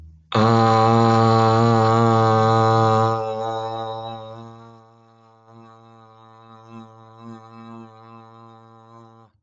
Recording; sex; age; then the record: vowel held as long as possible; male; 40 to 49 years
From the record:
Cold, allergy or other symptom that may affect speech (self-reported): no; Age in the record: 47 years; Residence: New York, United States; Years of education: 14